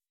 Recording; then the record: hydrophone in a shrimp aquaculture tank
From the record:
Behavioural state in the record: weakened